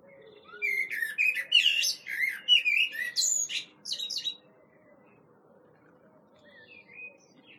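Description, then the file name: Common blackbird singing a run of mellow whistled notes mixed with shrill, scratchy twitters for about four seconds, followed by faint bird notes. "Turdus merula"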